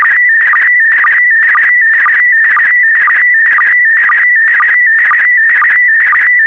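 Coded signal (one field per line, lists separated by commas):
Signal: SSTV (slow-scan television)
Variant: PD120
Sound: warbling, buzzy tone around 2 kHz with regular short low blips, about two per second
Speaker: the next image transmission will start in 10 seconds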